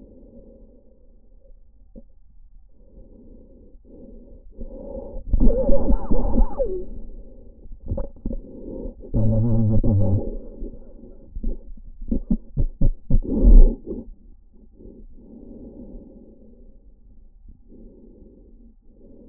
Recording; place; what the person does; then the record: lung sounds by stethoscope; trachea; quiet breathing, then cough and speech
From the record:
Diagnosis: interstitial lung disease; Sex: male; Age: 66 years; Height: 172 cm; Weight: 107.6 kg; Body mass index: 36.4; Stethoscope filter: diaphragm mode